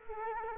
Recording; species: mosquito wingbeat signal from an infrared sensor; Culex quinquefasciatus